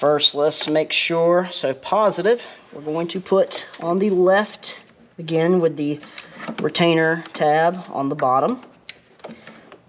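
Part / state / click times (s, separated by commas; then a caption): LED headlight bulb harness connector into vehicle headlamp wiring plug / seated / 8.9 s. Someone talks while plugging the positive lead of a GTR Lighting Ultra 2 LED headlight bulb wiring harness connector onto its mating plastic connector in a Chrysler Pacifica headlamp, positive on the left with the retainer tab on the bottom. A sharp, solid click at 8.9 s shows the connector has seated, followed by a few faint handling taps.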